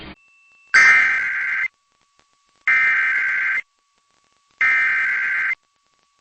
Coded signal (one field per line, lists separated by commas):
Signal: Emergency Alert System (SAME) tones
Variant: header bursts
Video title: Tests & Storms Episode 16: Perfect Return From The East - 8/2/2023